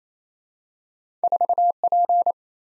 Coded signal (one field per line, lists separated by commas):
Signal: Morse code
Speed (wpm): 28 wpm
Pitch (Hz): 700 Hz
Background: none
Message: 4P